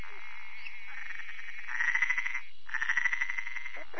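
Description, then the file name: Treefrog trilling: long, rapidly pulsed buzzy notes, two bursts of about a second, with overlapping trills from other frogs. "Bokermannohyla luctuosa"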